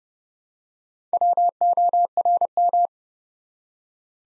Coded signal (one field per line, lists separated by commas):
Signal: Morse code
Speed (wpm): 29 wpm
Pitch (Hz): 700 Hz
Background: none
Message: WORM